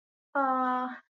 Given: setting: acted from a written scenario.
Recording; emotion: vocal sound without words; disappointment